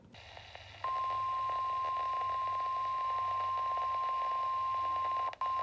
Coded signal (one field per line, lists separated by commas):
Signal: Emergency Alert System (SAME) tones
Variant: 1050 Hz attention tone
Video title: EAS Alerts from 4/15/2023 (EAS #6-12)